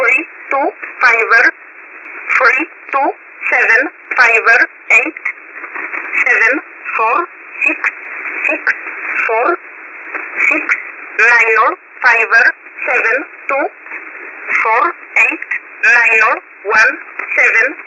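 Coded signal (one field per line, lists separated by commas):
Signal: numbers station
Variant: E11, English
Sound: female voice reading digits in even rhythm over band-limited radio audio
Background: radio static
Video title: 12229kHz USB Polish Number Station E11 calling 920 (Jun 21, 2026)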